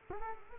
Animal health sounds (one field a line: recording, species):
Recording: mosquito wingbeat signal from an infrared sensor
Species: Culex quinquefasciatus